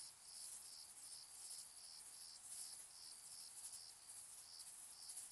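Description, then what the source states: Cricket chorus with shrill high chirps in an uneven rhythm, roughly one or two a second, above a constant high-pitched insect hiss. Distant crickets in summer fields during evening and night; shrill, high-frequency, flat night ambience.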